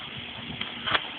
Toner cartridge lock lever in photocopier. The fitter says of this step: Okay na yan hindi mo na siya ipu-push ng right kasi nag-click